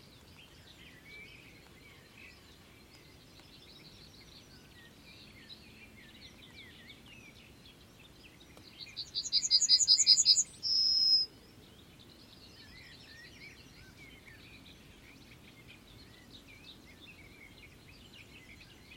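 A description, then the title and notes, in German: Birds sing over a low, steady hum. A constant scatter of chirps fills the background, and around nine to eleven seconds one bird gives a loud, rapid, high trill, ending with a short sustained note before the quieter chorus resumes. Danach kamen die üblichen Vögel.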